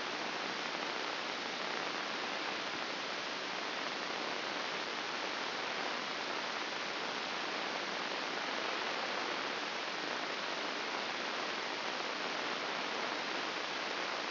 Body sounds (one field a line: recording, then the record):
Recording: brain microelectrode recording played as sound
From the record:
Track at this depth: inside the subthalamic nucleus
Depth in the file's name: 6.261 mm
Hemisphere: left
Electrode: 2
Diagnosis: Parkinson's disease